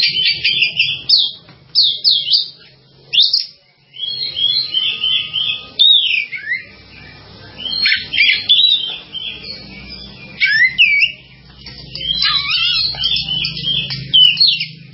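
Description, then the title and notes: Bird song with busy chirping phrases, sharp rising and falling whistles and short trills, broken by brief pauses, over a low background hum. "Bird Sound. Kicau Burung Lengkap"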